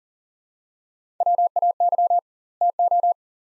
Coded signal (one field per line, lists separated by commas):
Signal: Morse code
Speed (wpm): 39 wpm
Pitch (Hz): 700 Hz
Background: none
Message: WAY TO